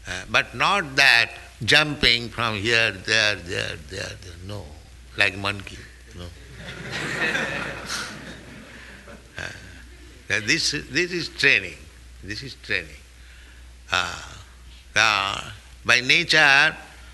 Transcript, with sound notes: But not that jumping from here, there, there, there, there, no, like monkey. No. [laughter] This is training. This is training. Now, by nature,